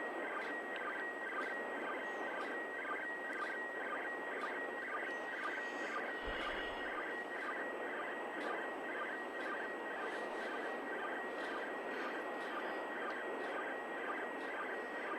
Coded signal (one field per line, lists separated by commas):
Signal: SSTV (slow-scan television)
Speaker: of mmss tv here we go so so so so so